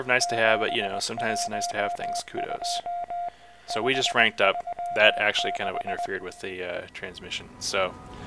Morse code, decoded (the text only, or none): 712 536